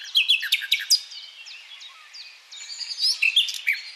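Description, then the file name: Common nightingale singing rapid jumbled chirps and clicks, a softer stretch of thin slurred notes, then a fresh burst of bright twittering. "Luscinia megarhynchos"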